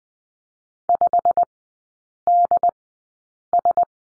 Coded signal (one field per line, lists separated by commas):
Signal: Morse code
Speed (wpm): 20 wpm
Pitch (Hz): 700 Hz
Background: none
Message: 5DS